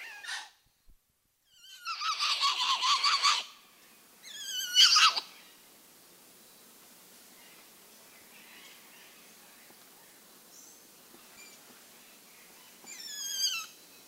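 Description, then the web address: Muriqui calls: a loud harmonic burst, then wavering descending whinny-like calls, with a quieter call near the end over a faint forest background. South American rainforest primate. "Natures Songs S America Primates of the Rainforest Muriqui monkey"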